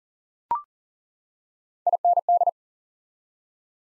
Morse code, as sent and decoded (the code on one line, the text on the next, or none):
.. -. -..
IND